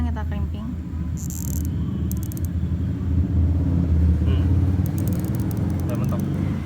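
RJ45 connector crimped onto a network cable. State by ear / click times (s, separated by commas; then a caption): not seated / none. An RJ45 plastic connector on a network cable is handled in a crimping tool while someone talks over a steady low rumble, with a few sharp ticks along the way. Nothing has seated or clicked yet; the clip ends just before the plug is crimped home.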